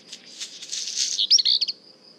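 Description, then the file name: Black redstart song phrase, a dry buzzy rustle building into a quick run of crackling, sputtering notes that stop abruptly. Song, at le Puech. "chant de rougequeue noir merle noir le Puech"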